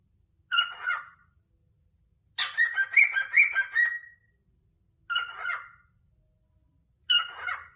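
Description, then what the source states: Cockatiel giving harsh, chattering warbled phrases in four separate bursts, the longest lasting about two seconds, with short silences between them. Cockatiels singing a whistled tune.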